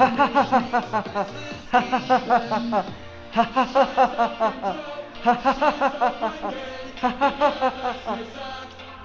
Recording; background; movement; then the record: laughter; music; sitting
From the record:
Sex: male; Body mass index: 20.6 kg/m2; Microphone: on the chest, facing outward